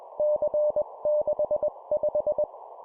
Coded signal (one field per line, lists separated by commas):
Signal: Morse code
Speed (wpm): 21 wpm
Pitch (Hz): 600 Hz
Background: none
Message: C65